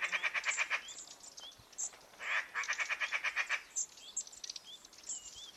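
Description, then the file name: Eurasian magpie chattering in rapid runs of harsh, rattling pulses, two bursts of about 1 to 1.5 seconds each; thin rising whistles from another bird and high ticks behind. "Pica pica"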